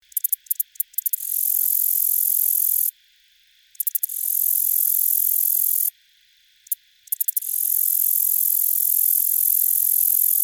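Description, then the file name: Black-legged meadow katydid song: bursts of quick ticks leading into long, hissing high buzzes, separated by short pauses, over a faint steady high tone. On buttonbush. "Black-legged-MK-on-buttonbush 1-BPond-BW"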